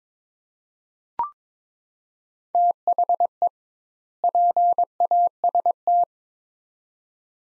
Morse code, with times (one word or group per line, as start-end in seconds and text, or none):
2.5-3.5 THE
4.2-6.0 PAST